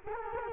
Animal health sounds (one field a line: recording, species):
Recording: mosquito wingbeat signal from an infrared sensor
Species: Culex quinquefasciatus